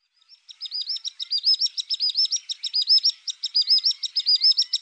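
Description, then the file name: Common sandpiper giving a long, fast run of thin, high piping notes that builds in loudness and continues almost without a break. "Drillsnappa"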